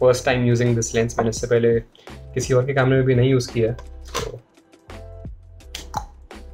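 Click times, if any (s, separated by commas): 5.8 s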